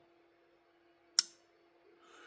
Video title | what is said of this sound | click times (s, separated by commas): QSP Variant #qspknives #qspvariant #knifereview #knifedisassembly | is strong snaps it in there you can hear it if you listen | 1.2 s